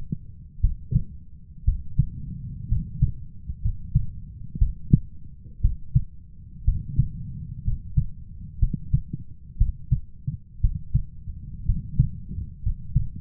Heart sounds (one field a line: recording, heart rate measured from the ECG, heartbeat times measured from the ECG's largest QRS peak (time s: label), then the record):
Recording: heart sounds by stethoscope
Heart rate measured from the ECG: 60 bpm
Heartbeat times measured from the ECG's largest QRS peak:
0.60 s: heartbeat
1.64 s: heartbeat
2.67 s: heartbeat
3.61 s: heartbeat
4.57 s: heartbeat
5.60 s: heartbeat
6.64 s: heartbeat
7.63 s: heartbeat
8.58 s: heartbeat
9.57 s: heartbeat
10.60 s: heartbeat
11.65 s: heartbeat
12.62 s: heartbeat
From the record:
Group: healthy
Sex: male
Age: 23 years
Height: 178 cm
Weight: 96.6 kg